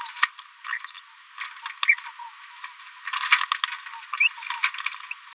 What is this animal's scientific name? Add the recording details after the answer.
Forpus passerinus. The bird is a female. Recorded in a nest box in Venezuela. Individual 17B73B2